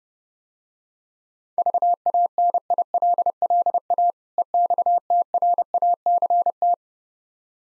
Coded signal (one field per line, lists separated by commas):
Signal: Morse code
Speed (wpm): 31 wpm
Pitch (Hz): 700 Hz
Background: none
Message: VANILLA EXTRACT